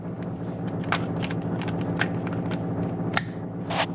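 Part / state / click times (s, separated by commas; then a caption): wiring harness plug into its connector on a car / seated / 3.2 s. After a Volt Blaster is installed on a Buick Grand National, an electrical plug on the car's wiring harness is pushed back into its mating connector, with light handling clicks and rustles over a steady low hum. A sharp, bright click at 3.2 s marks the connector seating fully, followed by a short burst of broadband noise near 3.8 s.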